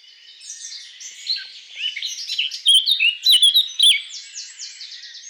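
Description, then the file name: Eurasian blackcap warbling song that starts softly with quiet scratchy notes, then builds to loud, varied fluty phrases before fading into a thin trill. "Sylvia atricapilla"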